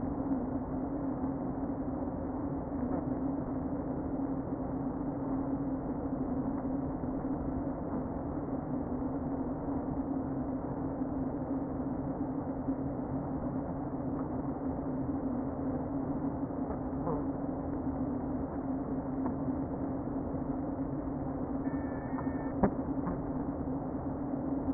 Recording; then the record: honeybee colony, microphone inside the hive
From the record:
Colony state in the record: queen present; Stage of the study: before two queens were removed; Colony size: about 60,000 bees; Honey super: yes